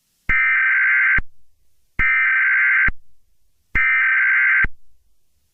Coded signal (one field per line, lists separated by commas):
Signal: Emergency Alert System (SAME) tones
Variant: header bursts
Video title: Eas scenario Christmas Special - Burning Earth (With a Big Announcement At The End)